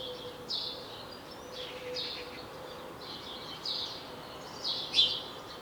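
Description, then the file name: House sparrow chirping calls, several short buzzy chirps, fairly faint against a steady background hiss. "Passer domesticus"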